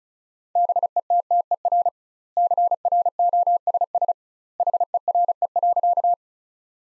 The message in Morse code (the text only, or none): BETTER CROSS HERE.